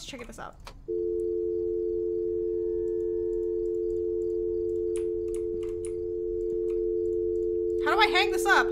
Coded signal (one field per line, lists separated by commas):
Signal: telephone call progress tone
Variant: North America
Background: speech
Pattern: dial tone